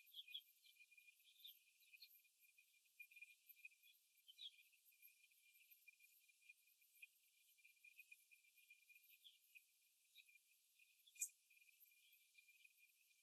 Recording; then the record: young laying hens in a cage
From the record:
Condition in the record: before the stressor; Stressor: simulated dog barking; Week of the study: 1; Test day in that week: 2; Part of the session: 4